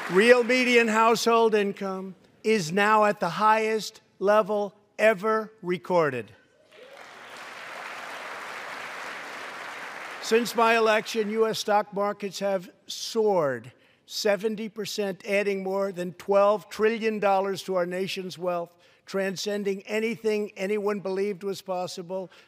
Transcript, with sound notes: Real median household income is now at the highest level ever recorded. (Applause.) Since my election, U.S. stock markets have soared 70 percent, adding more than $12 trillion to our nation’s wealth, transcending anything anyone believed was possible.